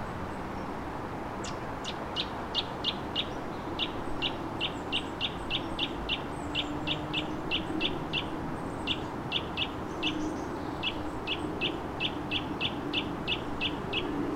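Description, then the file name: Eurasian nuthatch giving a long run of short, sharp piping notes in a rapid, somewhat irregular series, over a steady low rumble of background noise. "Sitta europaea"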